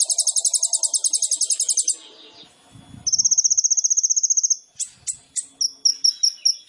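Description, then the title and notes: Sunbird song: rapid high buzzy trill for two seconds, a brief low rumble, another even trill, then separate sharp high chirps in short runs. Indonesian masteran training recording of a sunbird singing persistently (gacor), full of isian fill-in phrases and tembakan bursts, meant as pancingan to provoke other birds. "MASTERAN KOLIBRI NINJA FULL ISIAN DAN TEMBAKAN MEWAH COCOK BUAT PANCINGAN. Suara Burung Kolibri Ninja Gacor"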